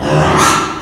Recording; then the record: squeal of a Yucatan mini pig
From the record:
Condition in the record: after surgery on the right vocal fold (resection and tissue-engineered implant); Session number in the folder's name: 3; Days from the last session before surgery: 33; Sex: male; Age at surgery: 12 weeks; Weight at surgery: 13 kg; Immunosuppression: cyclosporine, prednisolone